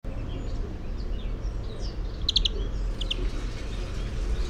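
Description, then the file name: European greenfinch call: one clear rapid burst of sharp notes, followed a moment later by a shorter, fainter pair, above a dull background rumble. "Chloris chloris"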